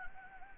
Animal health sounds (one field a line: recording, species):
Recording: mosquito wingbeat signal from an infrared sensor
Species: Anopheles gambiae